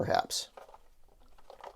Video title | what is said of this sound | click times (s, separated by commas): AT-ST Raider Unboxing- The Vintage Collection - Star Wars - The Mandalorian | no click all right at the head on there there was no click | none